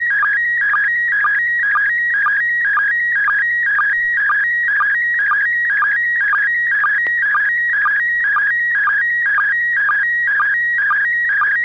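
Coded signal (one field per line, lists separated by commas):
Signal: SSTV (slow-scan television)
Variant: PD 120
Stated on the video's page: SSTV net on an FM repeater at 441.300 MHz in Sacramento, using MMSSTV software.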